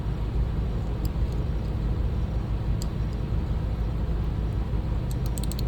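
The shear pivot screw of a left-handed shear is turned after the clicker plate has been reinstalled correctly. Over a steady low rumble, sharp metal detent clicks sound at 2.8 s, then in a quick run at 5.1, 5.4, 5.4, 5.5 and 5.6 s. The clicker plate is confirmed seated and clicking.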